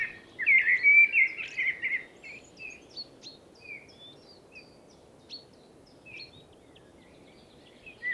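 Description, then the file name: Common blackbird singing one full, rich warbled phrase, then a trail of faint, sparse high chips and squeaks. "Turdus merula"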